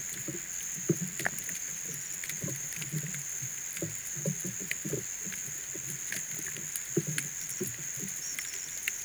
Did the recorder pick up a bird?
no